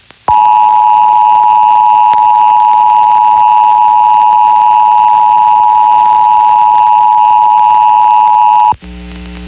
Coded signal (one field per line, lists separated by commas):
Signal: Emergency Alert System (SAME) tones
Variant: 853 and 960 Hz attention tone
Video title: Pennsylvania Required Monthly Tests (4/21/22)(EAS 1153-1162)